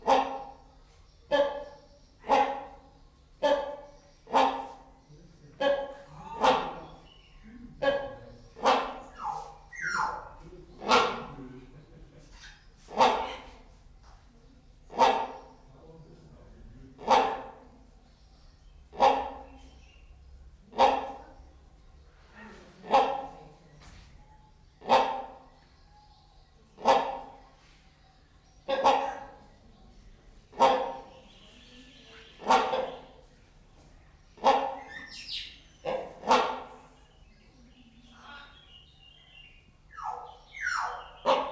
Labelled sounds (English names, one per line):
Great Hornbill